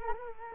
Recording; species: mosquito wingbeat signal from an infrared sensor; Culex quinquefasciatus